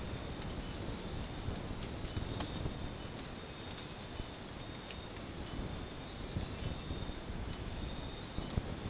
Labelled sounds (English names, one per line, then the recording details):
none
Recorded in dense forest near Puerto Asís, Putumayo, Colombia, on 12 March 2025 at 04:30
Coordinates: 0.486, -76.317
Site G053